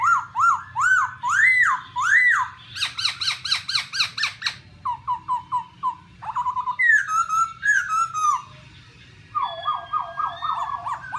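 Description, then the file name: Black-throated laughingthrush singing loud, varied whistles: repeated arched notes, a quick stuttering series, then slurred phrases, with a low background hum. "tieng khuou bac ma hot"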